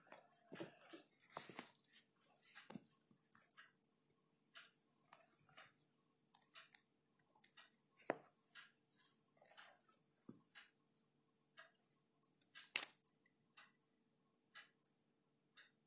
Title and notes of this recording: ticking of the clock, writing ASMR, page flipping and typing. You can hear the clock, me flipping pages, typing and writing.